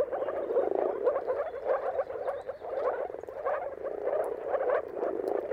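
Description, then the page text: Moor frog mating chorus, a dense, continuous bubbling of many low, soft calls that swell and fade. Chorus of moor frogs giving mating calls at sunrise, at the turn of March and April, timing depending on the weather; described as a dawn chorus spectacle. "Dawn’s Chorus: Mating Calls of Marsh Frogs at Sunrise. Depending on the weather at the turn of March and April, you can witness an amazing spectacle of moor frogs. Jakub Orzecki. earth.fm"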